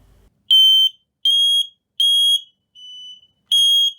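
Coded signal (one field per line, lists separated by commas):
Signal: alarm pattern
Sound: five loud shrill beeps about 3 kHz, evenly spaced, fourth slightly quieter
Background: small room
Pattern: 5 short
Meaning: Smoke alarm test sounding, showing the alarm works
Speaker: आपको यह सुनिश्चित करने के लिए परीक्षण करने की आवश्यकता है कि यह सब ठीक से काम कर रहा है, इसलिए बस धक्का दें परीक्षण बटन [अलार्म शोर], शानदार।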